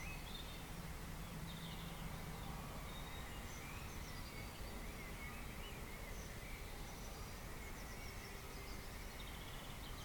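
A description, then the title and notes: A dawn chorus of birds sings over a thick, steady bed of low rumbling noise. Scattered chirps and short whistled phrases come and go throughout, fairly faint against the constant wash, with a brief low hum early on. We play part of a recording from Brian, of the Dawn Chorus from May 2020.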